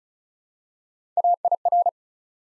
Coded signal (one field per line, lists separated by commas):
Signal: Morse code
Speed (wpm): 34 wpm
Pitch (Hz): 700 Hz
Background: none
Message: AIR